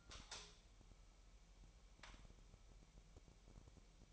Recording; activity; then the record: daily activity, microphone in the room; light on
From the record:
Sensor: 1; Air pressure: 1001.9 hPa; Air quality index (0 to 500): 249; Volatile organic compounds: 54 ppm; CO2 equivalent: 3351 ppm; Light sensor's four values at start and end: 5/11/4/5 and 9/28/10/12